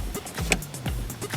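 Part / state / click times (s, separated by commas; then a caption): mounting bolt tightened with a torque wrench into the wiper motor bracket / torque reached / 0.5 s. A torque wrench tightens a metal mounting bolt into the wiper motor bracket in the ECU area of a VW Mk5 Golf Diesel 2.0 TDI, with a series of short broadband ratcheting bursts. The wrench gives its sharp, strongest click at 0.5 s, confirming the bolt has reached its torque setting.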